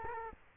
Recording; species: mosquito wingbeat signal from an infrared sensor; Culex quinquefasciatus